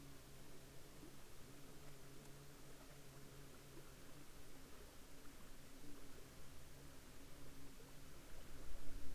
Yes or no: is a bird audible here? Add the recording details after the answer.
no. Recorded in the Prudhoe Bay oil fields, Alaska, on 7 July 2021 at 12:53. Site 21